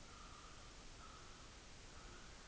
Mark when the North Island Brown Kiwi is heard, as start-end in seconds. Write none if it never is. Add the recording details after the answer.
0.02-2.48. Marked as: faintness 3/5. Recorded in New Zealand on 16 June 2014. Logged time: 02:19